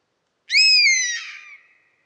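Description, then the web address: European honey buzzard giving a single plaintive whistled call, about a second long, starting high and sliding slightly downward before fading into a thinner tail. "European Honey Buzzard. صدای-سارگپه-جنگلی"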